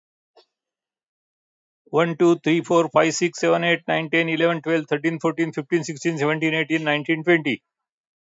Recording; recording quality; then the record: counting at a fast pace; excellent, no background noise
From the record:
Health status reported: healthy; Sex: male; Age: 72 years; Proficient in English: yes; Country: India